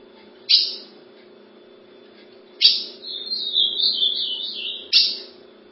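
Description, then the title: Ultramarine grosbeak giving a two-second warbled whistle that wavers and drops at the end, with three sharp clicks and faint low hum. "Azulao"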